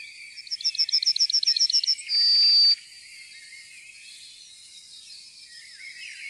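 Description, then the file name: Yellowhammer song: a rapid run of evenly spaced high chips ending in one long, level, drawn-out whistle, with faint other birdsong in the background. "gulspurv"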